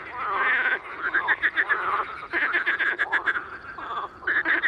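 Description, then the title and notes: Marsh frog chorus, several frogs giving quick pulsed, chuckling croaks that overlap and swell, with brief gaps between bursts. Evening recording at small Étang de Beaumont pond, 11 May 2019, rain all day, cool 14°C, frogs very active despite rain; Nagra Seven recorder, MKH40 microphone on a boom. "Soirée aux Grenouilles rieuses. 11 mai 2019-Étang de Beaumont - pluie - 14° - Nagra seven - mkh40 sur perche"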